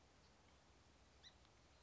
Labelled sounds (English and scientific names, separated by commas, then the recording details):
Song Sparrow (Melospiza melodia)
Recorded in Sonoma County, California